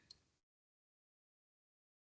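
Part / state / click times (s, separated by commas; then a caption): replaceable window face plate into handheld XRF analyser nose / not seated / none. Someone presses firmly down on one end of the replaceable window face plate at the front nose of a Vanta handheld XRF analyser. A brief sharp tick at 0.1 s rises out of low rumbling noise that stops at about 0.4 s, then silence follows. The plate has not clicked into place, because of a little dirt.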